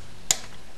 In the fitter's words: pull down until you hear the click.